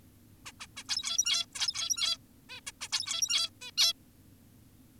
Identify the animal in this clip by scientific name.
Taeniopygia guttata